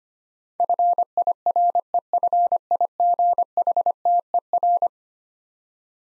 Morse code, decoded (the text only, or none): FIREFIGHTER